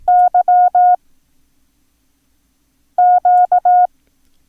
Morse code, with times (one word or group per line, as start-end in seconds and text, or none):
0.1-0.9 Y
3.0-3.9 Q